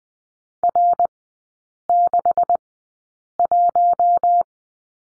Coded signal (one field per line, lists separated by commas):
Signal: Morse code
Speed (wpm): 20 wpm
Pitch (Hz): 700 Hz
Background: none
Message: R61